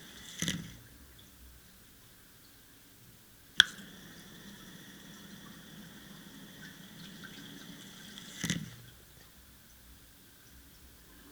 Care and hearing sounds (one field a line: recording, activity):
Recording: daily activity, guitar pickup as the sensor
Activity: flush